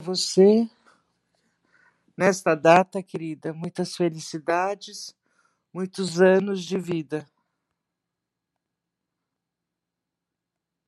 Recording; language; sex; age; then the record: short text; Brazilian Portuguese; female; 50 to 59 years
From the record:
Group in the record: control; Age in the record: 58 years